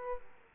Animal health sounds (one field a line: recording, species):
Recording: mosquito wingbeat signal from an infrared sensor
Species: Aedes aegypti